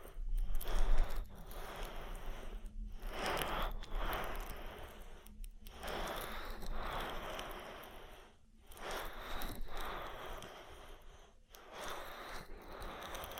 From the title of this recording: Oil Ear Massage